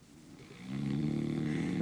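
After a quiet start, a single low, rumbling, buzzing snore swells in on an in-breath and lasts a little over a second. It comes from an adult man sleeping alone, spread-eagled on his back, in a quiet six-tatami room at an inn late at night: an ordinary sleep snore.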